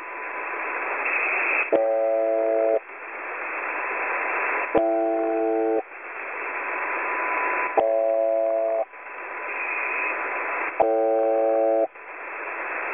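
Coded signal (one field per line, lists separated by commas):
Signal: channel marker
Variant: UVB-76 (The Buzzer)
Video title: Clear Recording of The Buzzer (UVB 76), 21.03.2018, 18:45 UTC, 4626 kHz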